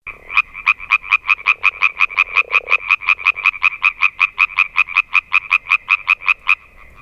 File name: Rzekotka drzewna